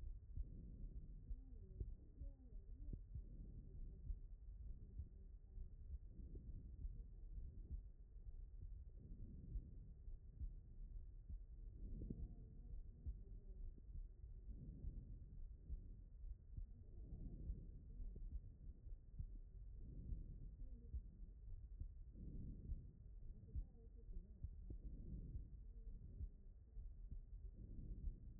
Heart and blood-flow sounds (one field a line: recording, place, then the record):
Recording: heart sounds by stethoscope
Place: aortic valve (AV)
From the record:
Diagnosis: non-HFrEF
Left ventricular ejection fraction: 65%